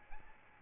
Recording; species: mosquito wingbeat signal from an infrared sensor; Aedes albopictus